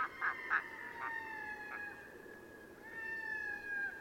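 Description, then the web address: Red-throated loon wail: a few short harsh notes over a long, drawn-out wavering tone, which breaks off and returns as a second long wail. "chant xeno-canto plongeon catmarin"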